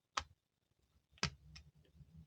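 While servicing a Shimano TLD 15 fishing reel, the metal anti-reverse pawl is pulled back with a screwdriver into its seat in the reel frame. Sharp metallic clicks are heard at 0.2 s and 1.2 s, with quieter ticks and low rumble between and after. The pawl is seated.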